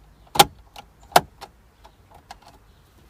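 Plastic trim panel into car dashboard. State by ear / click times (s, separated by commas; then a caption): seated / 0.4 s, 1.2 s. A plastic dash trim piece is pushed back into the dashboard of a 2007 Volvo S40, and its clips snap home with two sharp, bright snaps at 0.4 s and 1.2 s. Quieter plastic ticks and rustles follow as the panel settles, and it ends seated in place.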